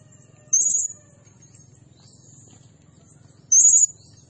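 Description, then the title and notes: Blue-crowned hanging parrot giving two short, very high, shrill trilled bursts about three seconds apart, with a faint low hum underneath. Tutor and lure recording of an actively calling (gacor) bird, described as 'nembak' (shooting notes), meant to excite all birds and attract others. "Burung Serindit Nembak Gacor Bikin Emosi Semua Burung. Suara Nasteran Dan Pemikat Burung Serinditan Gacor"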